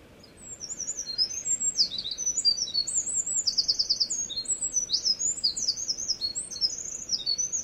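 Wren singing a loud, hurried, high-pitched song of sharp twittering notes broken by rapid mechanical trills, continuing for several seconds against low background noise.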